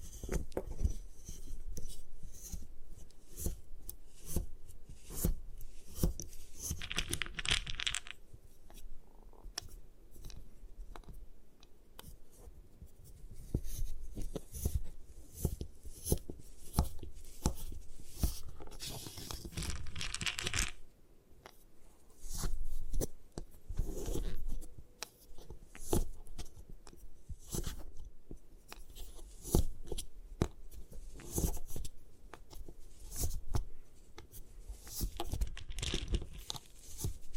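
Gym chalk being crushed and crumbled in rapid, dense scraping and crackling bursts, with brief pauses near eight and twenty seconds.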